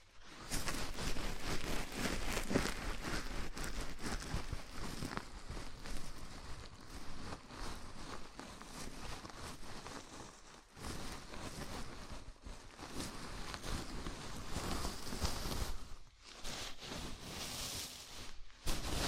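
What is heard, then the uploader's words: A scalp massage: fingers rub and scratch through hair in a dense, crackling rustle that fills the sound from low to bright. The rubbing runs almost without pause, swelling and easing, with brief lulls near 11, 16 and 19 seconds. ASMR Sleepy Scalp Massage (No Talking).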